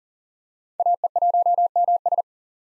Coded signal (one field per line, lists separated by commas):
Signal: Morse code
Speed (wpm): 40 wpm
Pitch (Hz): 700 Hz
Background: none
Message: AE1MS